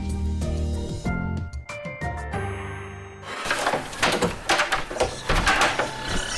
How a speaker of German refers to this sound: Ich sitze in meinem Zimmer im Hauptquartier des Lärms der ganzen Wohnung. Alle Türen höre ich schlagen.